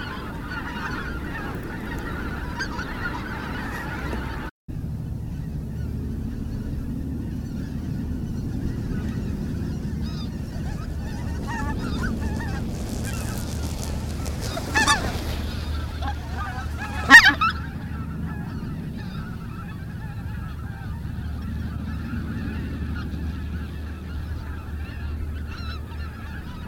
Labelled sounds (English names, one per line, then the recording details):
Greater White-fronted Goose call
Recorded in the wild
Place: Schaprode, Insel Rügen, Mecklenburg-Vorpommern, DE
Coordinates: 54.514, 13.167
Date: 1973-10-02 18:00
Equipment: Nagra III BH, Sennheiser MD 21
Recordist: Schubert, Michael